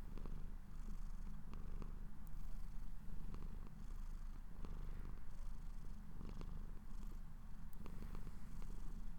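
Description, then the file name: Cat giving a continuous deep purr, with occasional faint clicks. Owner's pet cat purring while falling asleep. "My Cat Purring To Sleep"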